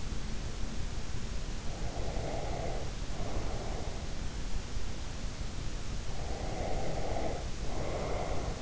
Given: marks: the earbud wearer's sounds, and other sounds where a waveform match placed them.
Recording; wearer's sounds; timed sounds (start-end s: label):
sounds in sleep by an in-ear microphone; breath
1.71-4.17 s: breath
6.50-8.62 s: breath